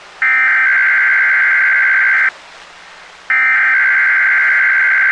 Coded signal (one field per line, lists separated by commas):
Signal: Emergency Alert System (SAME) tones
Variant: header bursts